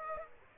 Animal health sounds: mosquito wingbeat signal from an infrared sensor; Aedes aegypti

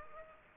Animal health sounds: mosquito wingbeat signal from an infrared sensor; Aedes aegypti

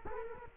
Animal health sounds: mosquito wingbeat signal from an infrared sensor; Culex quinquefasciatus

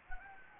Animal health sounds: mosquito wingbeat signal from an infrared sensor; Anopheles gambiae

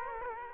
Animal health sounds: mosquito wingbeat signal from an infrared sensor; Culex quinquefasciatus

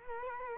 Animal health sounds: mosquito wingbeat signal from an infrared sensor; Culex quinquefasciatus

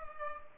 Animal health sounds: mosquito wingbeat signal from an infrared sensor; Culex pipiens

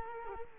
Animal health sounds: mosquito wingbeat signal from an infrared sensor; Culex quinquefasciatus

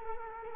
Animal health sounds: mosquito wingbeat signal from an infrared sensor; Culex quinquefasciatus

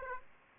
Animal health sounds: mosquito wingbeat signal from an infrared sensor; Aedes aegypti

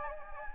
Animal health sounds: mosquito wingbeat signal from an infrared sensor; Anopheles gambiae

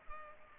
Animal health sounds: mosquito wingbeat signal from an infrared sensor; Culex pipiens

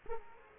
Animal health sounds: mosquito wingbeat signal from an infrared sensor; Aedes aegypti

